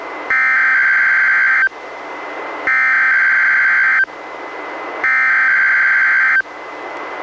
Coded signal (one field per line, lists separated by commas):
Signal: Emergency Alert System (SAME) tones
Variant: header bursts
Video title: EAS #641: NWR Required Weekly Test- June 8, 2022- 11:00AM PDT